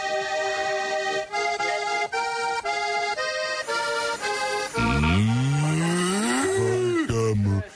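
Several seconds of rhythmic, sustained tonal notes give way to a loud, drawn-out cow moo that swells upward in pitch, wavers, and trails off with a second lowing call.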